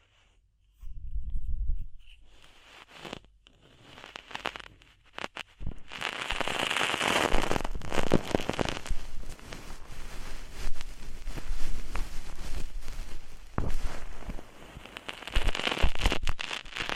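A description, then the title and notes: Ear cleaning sounds: dense crackling and scratching, fast and irregular, with sharp popping clicks throughout. After a sparse, quieter opening of a few low thumps and isolated clicks, the crackle thickens from about six seconds on and stays busy and bright to the end. DEEP Ear Penetrating Cleaning.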